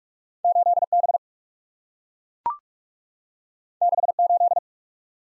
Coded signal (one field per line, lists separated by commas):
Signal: Morse code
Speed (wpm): 44 wpm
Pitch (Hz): 700 Hz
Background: none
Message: 8 B 6 8